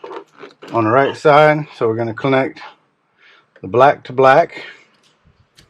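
Someone talks while handling the black plastic wiring connector of a swivel seat harness on a Ram Promaster, lining it up to join its black mating connector. Only a few faint handling ticks are heard between the speech. Nothing has seated or clicked yet.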